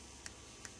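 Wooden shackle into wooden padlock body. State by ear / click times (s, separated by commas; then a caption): not seated / none. The wooden shackle of a finished wooden padlock is handled against the wooden lock body during a test, with two brief, light ticks near 0.3 and 0.7 seconds over a steady low background. Nothing has seated or clicked into place yet.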